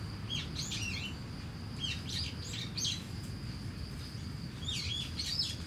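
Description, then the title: Starling producing rapid squeaks, slurred whistles and rasping notes in quick succession, with a steady high insect tone and low traffic rumble. Singing in a tree in Kiyosumi garden, Tokyo, Japan, with crickets and cars; recorded binaurally with DPA 4060 microphones on a Deity PR-2. "Kiyosumi garden, Tokyo, Japon - Starling in a tree"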